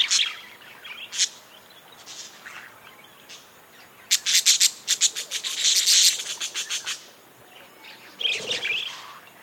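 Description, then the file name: Budgerigar chatter with chirps at first, then a burst of rapid pulsed rasping notes lasting about three seconds, followed by more chirping. Several budgerigars, described as happy. "Happy Budgies"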